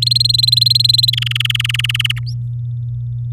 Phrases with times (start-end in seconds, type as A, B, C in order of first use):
0.02-1.10 A, 1.13-2.19 B, 2.26-2.34 C